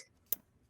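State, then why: Seated. A booster seat's UAS connector is pushed onto the vehicle's lower anchor in the seat bight. A single sharp metallic click is heard at 0.3 s as it latches, and the connector is seated.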